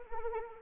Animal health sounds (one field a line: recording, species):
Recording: mosquito wingbeat signal from an infrared sensor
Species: Anopheles arabiensis